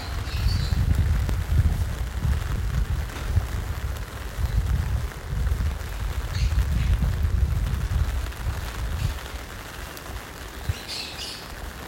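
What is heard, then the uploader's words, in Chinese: Rain drums on an umbrella in a dense patter, with deep thudding swells that rise and fall every second or two before easing toward the end. Brief bright chirps cut through near the start, around six seconds, and again near the end. 冬雨綿綿與鳥兒。雨水打在雨傘上。鳥叫聲。汽車機車呼嘯而過聲。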